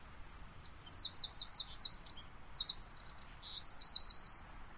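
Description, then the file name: Eurasian wren song: a rapid, very high-pitched run of sharp notes and fast rattling trills, pitch jumping between phrases, with a steady low background hiss. "Troglodytes troglodytes"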